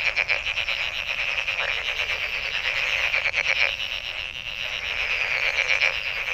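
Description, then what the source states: Frogs trilling in a thick chorus, quick rattling pulses over a continuous high-pitched ringing that never stops. Recorded 23 May 2008.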